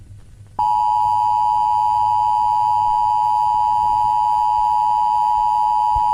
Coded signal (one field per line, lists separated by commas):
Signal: Emergency Alert System (SAME) tones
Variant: 853 and 960 Hz attention tone